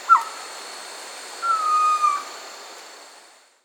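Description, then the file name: Pavonine quetzal: one sharp clipped note, then a long clear whistle that drops slightly, before fading into hiss. Recorded in Peru, Amazon region. "Pavonine Quetzal (Pharomachrus pavoninus), Peru"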